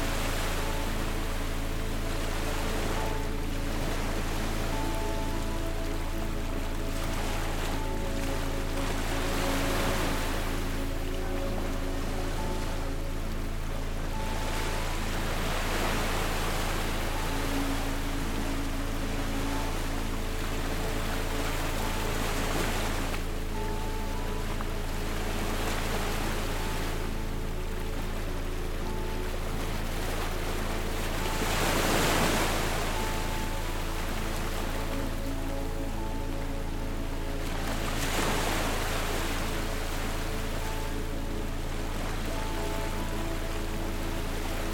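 A soft melody plays over ocean waves, its sustained notes held and repeated throughout. The surf rises and falls as a steady wash, with fuller swells around 10, 24, 32 and 38 seconds, and a constant low hum runs underneath.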